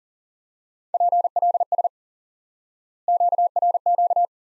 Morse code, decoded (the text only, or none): PLS QRQ